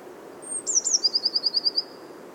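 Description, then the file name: Eurasian blue tit: a thin high introductory whistle, two quick falling notes, then a steady trill of short repeated notes. "Cyanistes caeruleus"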